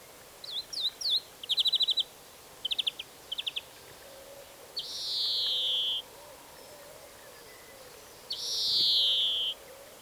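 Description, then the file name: European greenfinch calls: quick chirps and short rattling trills first, then two long nasal wheezes that slide downward, each lasting about a second. "Chloris chloris"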